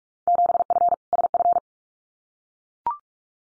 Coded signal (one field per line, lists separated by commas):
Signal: Morse code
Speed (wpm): 44 wpm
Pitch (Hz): 700 Hz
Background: none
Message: 7F SF